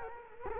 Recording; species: mosquito wingbeat signal from an infrared sensor; Culex quinquefasciatus